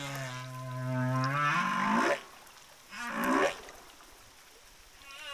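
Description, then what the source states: Humpback whale song: a long low harmonic moan sliding upward into a bright cry, followed by a shorter upswept call. Southern Indian Ocean humpback whales; the source reports they sing different tunes.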